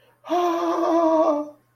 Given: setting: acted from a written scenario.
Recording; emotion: vocal sound without words; fear